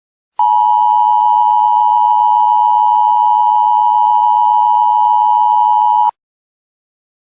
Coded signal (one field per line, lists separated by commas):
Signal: Emergency Alert System (SAME) tones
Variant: 853 and 960 Hz attention tone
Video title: (EAS Scenario) Invasion by Aliens